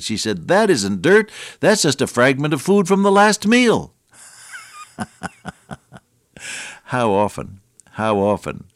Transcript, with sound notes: She said, “That isn’t dirt, that’s just a fragment of food from the last meal”. (laughs) How often, how often,